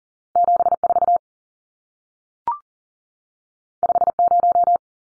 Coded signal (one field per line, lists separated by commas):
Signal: Morse code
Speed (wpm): 40 wpm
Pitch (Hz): 700 Hz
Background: none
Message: 74 50